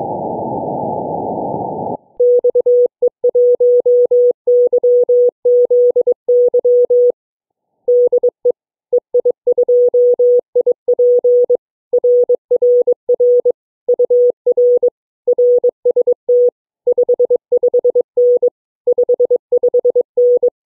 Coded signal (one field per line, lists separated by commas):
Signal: Morse code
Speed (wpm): 21 wpm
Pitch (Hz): 490 Hz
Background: none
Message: XE1YZY DE EI2IP RRR UR RST 55N 55N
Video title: So much for going to bed early, two new DXCC worked tonight #hamradio